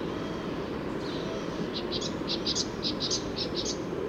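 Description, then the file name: Great tit calls: clusters of short, high, clicky notes in quick runs from about the second second onward, over a steady low rumbling background noise. "Parus major"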